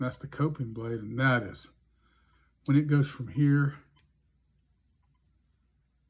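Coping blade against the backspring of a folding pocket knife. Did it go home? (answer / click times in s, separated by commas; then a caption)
no / none. Someone talks while swinging the coping blade of a Frost Steel Warrior Congress slipjoint pocket knife from partly open to the open position against its weak backspring. Only a faint, soft sound follows the speech. The blade has not snapped or clicked into place.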